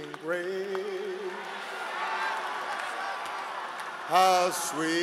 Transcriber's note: applause